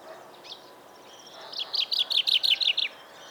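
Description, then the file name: Common chaffinch singing: one faint note, a pause, then a brisk burst of loud chirping notes. "Fringilla coelebs"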